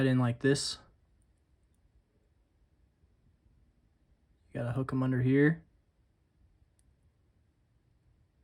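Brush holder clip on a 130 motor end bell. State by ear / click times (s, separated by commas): not seated / none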